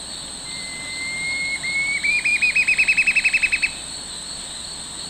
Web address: Natures Songs S America Eastern Lowlands. Campylorhamphus procurvoides, song